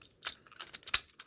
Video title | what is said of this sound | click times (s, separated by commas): 1973 Ford Bronco rebuild 1:32 | There we go, it snaps right in. | 0.9 s